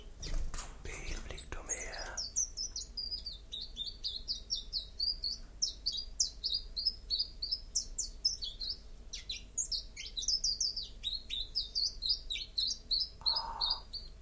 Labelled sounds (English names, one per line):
Common Chiffchaff song